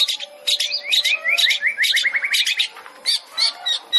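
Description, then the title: Long-tailed shrike song with a rapid string of rising, clipped notes and crackly high bursts, followed by a few separate scratchy calls. Long-tailed shrike song used as masteran, training material for other shrikes; described as full tembakan, rapid burst-style song. "MASTERAN CENDET FULL TEMBAKAN"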